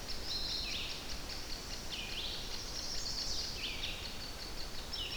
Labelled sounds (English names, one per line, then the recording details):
Red-eyed Vireo song
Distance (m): 55 m
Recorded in boreal forest in Alberta, Canada, on 10 June 2016 at 06:55
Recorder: SongMeter 3, array SBT-3-39
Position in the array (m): 198 m, 125 m